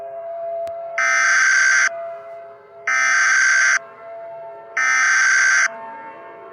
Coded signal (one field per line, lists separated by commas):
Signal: Emergency Alert System (SAME) tones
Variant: header bursts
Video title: EAS SCENARIO EGGDOG INVASION (Two Endings)